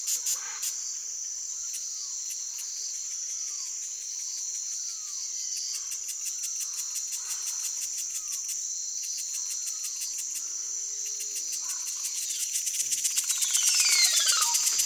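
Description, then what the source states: Cicada song, a steady shrill pulsing buzz at about four beats per second, growing louder toward the end, with short falling chirps from other animals in the background. Amazonia.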